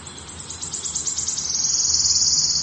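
Wood warbler song: high ticking notes speed up into a shivering, sibilant trill that runs to the end.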